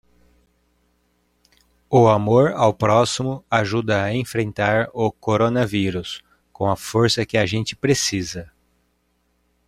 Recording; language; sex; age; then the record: spoken sentence; Brazilian Portuguese; male; 30 to 39 years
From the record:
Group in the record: control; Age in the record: 39 years